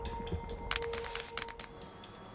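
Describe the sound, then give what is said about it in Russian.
A drone flies near a hospital building, controlled from behind a fence by Maslovsky with a tablet, humming with a steady, thin whine, its tone holding level throughout, while several short bursts of hissy noise wash over it at moderate loudness. “Около здания летает дрон.”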